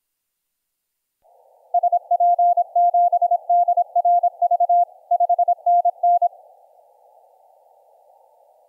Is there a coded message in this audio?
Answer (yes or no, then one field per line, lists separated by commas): yes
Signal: Morse code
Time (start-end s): 1.7-6.3 s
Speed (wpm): 26 wpm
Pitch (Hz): 700 Hz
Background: none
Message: SP7DRV 5NN